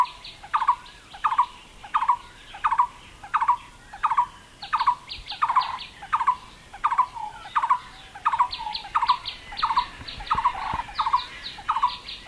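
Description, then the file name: Lineated barbet calling in a steady series of hollow, low notes, spaced evenly at about one and a half per second, with softer bird calls faintly behind. "Megalaima lineata - Lineated Barbet"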